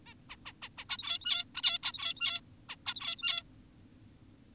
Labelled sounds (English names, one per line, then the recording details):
Zebra Finch
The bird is an adult
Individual g17y2U